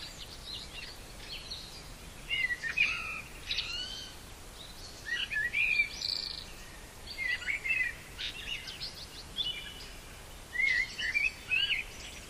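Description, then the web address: Common blackbird song: fluty, warbling phrases with thin twittering flourishes, delivered in short bursts separated by pauses, over a steady hiss of background noise. In pine forest. "bory 2020 Kos Cerny"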